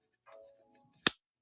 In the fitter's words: there we go nice satisfying click and it's right in place